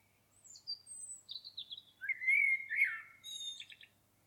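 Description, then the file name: Common blackbird song phrase opening with thin high squeaks, dropping into a clear fluty whistle, then ending with a rapid buzzy twitter. "Turdus merula"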